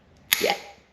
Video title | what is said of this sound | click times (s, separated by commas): Trac Tuff Parts on the MGB K24 | bingo hear that click so there you go so | 0.3 s